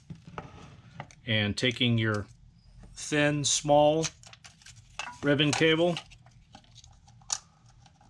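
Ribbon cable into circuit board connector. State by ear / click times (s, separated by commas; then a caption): seated / 7.3 s. A thin, small ribbon cable is pushed into its circuit board connector while an Anritsu Site Master antenna analyzer is reassembled. Someone talks in bursts while small handling taps and clicks sound between the words. The connector snaps into place with a sharp click at 7.3 s, and the cable is seated.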